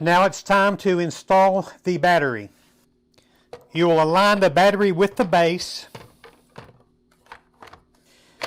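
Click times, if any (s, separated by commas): none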